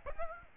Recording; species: mosquito wingbeat signal from an infrared sensor; Aedes aegypti